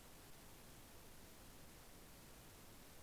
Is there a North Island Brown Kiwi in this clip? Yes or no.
no